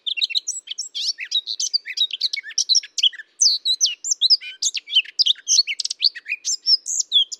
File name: Sylvia atricapilla